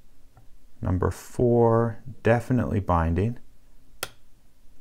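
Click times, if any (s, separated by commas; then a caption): 4.0 s. Someone talks while pin four in the pin stack of a prototype UrbanHawk pin blocker lock cylinder is pushed with a pick. A sharp, loud click comes at 4.0 s, but the pin lands in a false set rather than a true set.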